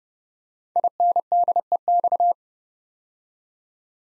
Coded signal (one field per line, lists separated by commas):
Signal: Morse code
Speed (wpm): 30 wpm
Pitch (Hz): 700 Hz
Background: none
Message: INDEX